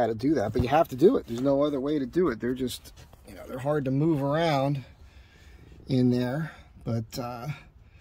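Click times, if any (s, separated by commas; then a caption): none. A fuel injector from a spider assembly in a 2004 Astro Van is handled near its hole in the metal intake manifold while someone talks. It is being worked into place, but it is not yet home and its retaining clip has not seated or clicked yet.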